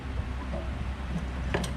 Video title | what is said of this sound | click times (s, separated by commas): Cub Cadet RZT-54 Zero Turn Tractor - Part 2: Hydros, oil leaks, PTO clutch, deck spindles | we'll just turn until we hear a click or | 1.5 s, 1.6 s